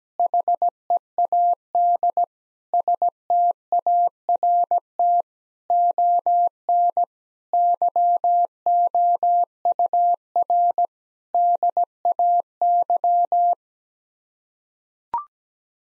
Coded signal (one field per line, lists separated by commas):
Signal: Morse code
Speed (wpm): 17 wpm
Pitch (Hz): 700 Hz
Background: none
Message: HEAD START ON YOUR DAY